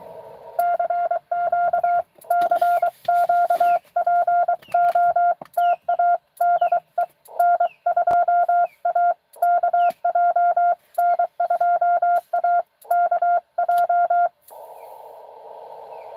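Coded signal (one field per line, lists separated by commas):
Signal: Morse code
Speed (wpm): 24 wpm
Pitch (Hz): 700 Hz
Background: none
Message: CQ CQ POTA DE N2AKJ N2AKJ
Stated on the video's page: Live CW Parks on the Air activation.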